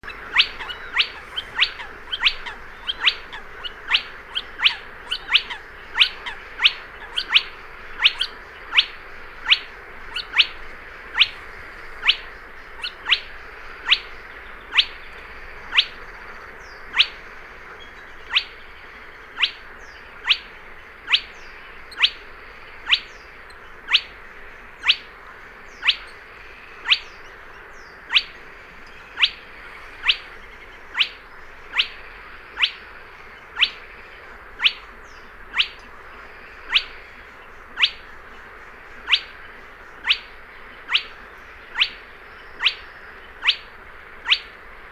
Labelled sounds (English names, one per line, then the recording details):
Spotted Crake
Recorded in the wild
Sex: pair
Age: adult
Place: Kützerhof, Kummerower See, Mecklenburg-Vorpommern, DE
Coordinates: 53.8503, 12.8789
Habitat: wetland
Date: 2008-06-10
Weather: ca. 15°C, fast windstill
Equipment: Sound Devices 702, Sennheiser MKH 70, Windkorb
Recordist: Frommolt, Karl-Heinz